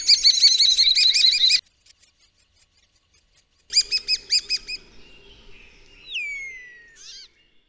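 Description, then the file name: Common starling song: a fast rattling series of harmonic clicks, a pause, another rattle, then a long descending whistle and a short buzzy note. "Szpak"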